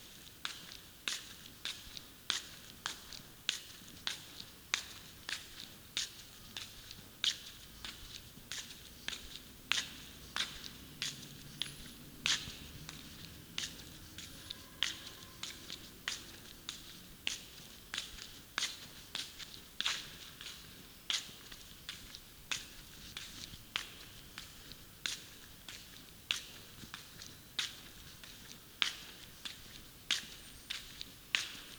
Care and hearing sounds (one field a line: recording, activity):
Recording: daily activity, guitar pickup as the sensor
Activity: walk